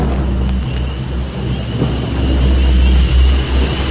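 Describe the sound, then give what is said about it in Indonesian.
Heavy rain pours down in a steady, dense hiss while deep thunder rumbles continuously underneath, the whole wash of sound staying loud throughout with no voices. “Namun karena hujan, suaranya jadi tersamarkan dan tidak begitu jelas.”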